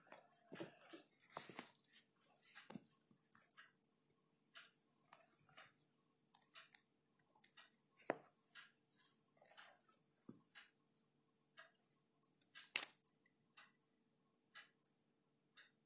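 Writing, page handling and typing fill the clip with irregular bursts of short, crisp clicks and scratchy strokes, sometimes clustered, sometimes spaced by brief pauses. A faint steady low hum sits underneath, and a sharp louder snap stands out near the thirteen-second mark.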